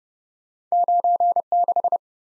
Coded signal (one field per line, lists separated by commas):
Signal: Morse code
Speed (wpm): 41 wpm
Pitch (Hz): 700 Hz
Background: none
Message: 9 6